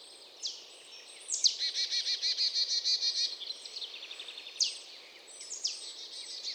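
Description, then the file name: Marsh tit call: a sharp, high downslurred note followed by a rapid run of many even, nasal buzzy notes, then more sharp notes, over a steady background hiss. "Poecile palustris"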